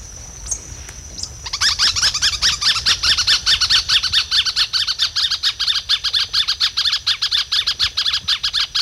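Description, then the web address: Bird song of fast, harsh, buzzy repeated notes starting after about a second and a half and continuing steadily, over a thin high whine. "cantos espirojiza"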